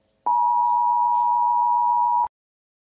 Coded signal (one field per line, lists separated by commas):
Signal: Emergency Alert System (SAME) tones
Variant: 853 and 960 Hz attention tone